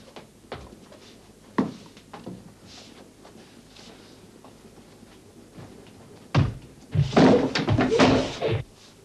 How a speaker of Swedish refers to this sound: Jag tycker mest det låter som en hel hord med unga elefanter som klampar omkring på taket.